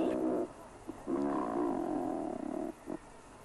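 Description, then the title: Razorbill producing low, rasping growls: the end of one growl, then a longer drawn-out harmonic groan with a brief grunt after it. "Ruokki"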